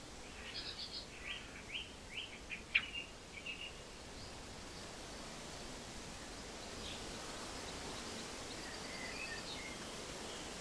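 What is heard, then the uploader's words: Wind blows steadily through a forest, a soft, even rush that fills the whole clip. In the first four seconds several birds chirp in short bright bursts, with one sharp louder note near the three-second mark, and faint calls return later. Nature Sounds Sleep Meditation Windy Enchanted Forest - No Music.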